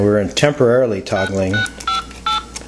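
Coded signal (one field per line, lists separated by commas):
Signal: DTMF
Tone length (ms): 130 ms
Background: speech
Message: 658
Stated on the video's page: Blue box tones from a working replica of the 1971 Esquire article's blue box, built on a PIC 12F683 design.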